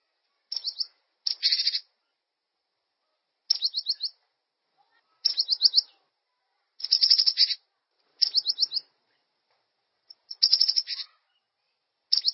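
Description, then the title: Bird song in short bursts of rapid high chirps and trills, phrases about half a second long repeated every one to two seconds with silent gaps between. "LuckyPassaro"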